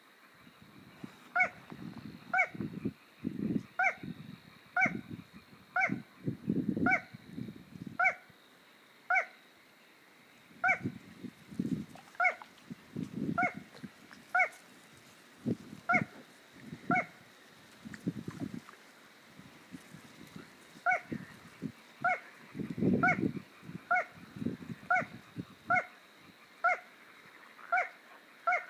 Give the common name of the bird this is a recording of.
Little Crake